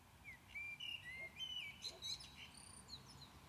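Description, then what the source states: Common blackbird song phrase: several sliding, fluty whistles followed by a rapid series of high, thin chirps and squeaks, with soft background hiss. Recorded at Maindy.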